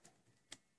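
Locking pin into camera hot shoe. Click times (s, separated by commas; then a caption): 0.5 s. A small locking pin is slid back up into the hot shoe assembly of a Canon 5D Mark III during a hot shoe repair. A faint tick comes at 0.1 seconds, then a sharp, bright click at 0.5 seconds as the pin locks into place. The pin is seated.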